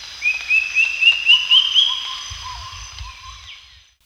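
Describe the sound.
Drongo-cuckoo song: a run of about seven short whistled notes, each stepping slightly higher, with a fainter lower whistled line beneath and some low rumble.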